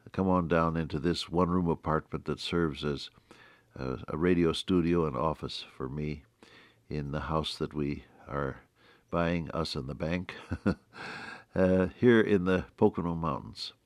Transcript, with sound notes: come on down in this one room apartment that serves as a, a radio studio, and office for me, in the house that we are buying — us and the bank, (Laughs) here in the Pocono Mountains